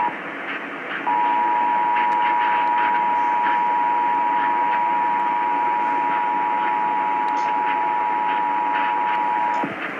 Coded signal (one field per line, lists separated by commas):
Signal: Emergency Alert System (SAME) tones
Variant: 853 and 960 Hz attention tone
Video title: EAS #142 - Required Monthly Test #15